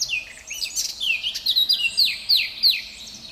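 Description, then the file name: Eurasian blackcap song: a varied warble ending in a run of clear, fluty notes, each sliding downward. "Sylvia atricapilla"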